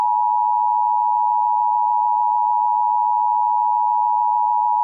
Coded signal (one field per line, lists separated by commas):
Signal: Emergency Alert System (SAME) tones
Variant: 853 and 960 Hz attention tone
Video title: EAS Scenario - 2nd Civil War